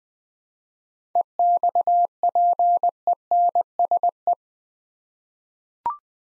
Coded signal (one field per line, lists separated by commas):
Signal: Morse code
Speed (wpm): 20 wpm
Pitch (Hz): 700 Hz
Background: none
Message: EXPENSE